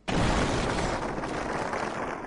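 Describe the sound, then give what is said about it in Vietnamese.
A massive explosion at night beneath a mountain booms out with a sudden onset, then a dense, roaring rumble sustains at full loudness, heavy in the low end, with no voices. “Chỉ là mới đi được một nửa, trong bóng đêm, Đình Thu Sơn phía dưới trực tiếp nổ tung một tiếng động trời.”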